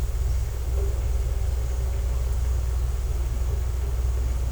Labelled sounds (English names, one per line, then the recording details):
none
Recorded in secondary vegetation near Puerto Asís, Putumayo, Colombia, on 20 December 2024 at 11:30
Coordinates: 0.468, -76.324
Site G095